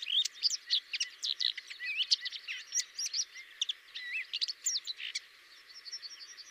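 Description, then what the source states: Common whitethroat giving a long scratchy warble of rapid chattering and squeaky notes that fades out toward the end. Variant 5.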